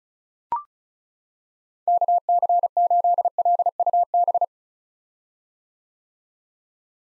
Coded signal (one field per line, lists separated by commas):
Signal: Morse code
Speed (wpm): 34 wpm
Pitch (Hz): 700 Hz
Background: none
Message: KC8LUB